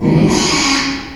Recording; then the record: squeal of a Yucatan mini pig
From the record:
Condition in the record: after surgery on the right vocal fold (resection and tissue-engineered implant); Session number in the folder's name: 2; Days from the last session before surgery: 13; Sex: male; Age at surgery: 12 weeks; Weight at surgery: 13 kg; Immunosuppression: cyclosporine, prednisolone